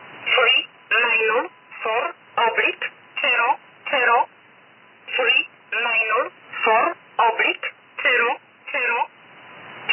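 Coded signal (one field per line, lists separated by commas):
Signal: numbers station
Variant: E11 'Oblique'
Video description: Here is a recording of the E11 Polish numbers station as received in Birmingham UK on the 5th of March 2022 at 19:10 GMT.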